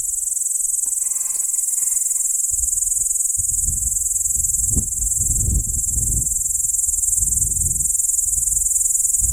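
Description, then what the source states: P. capensis producing a steady, piercing high drone without pause, over rumbling wind gusts and a faint brief sound early on. Recorded near Arniston.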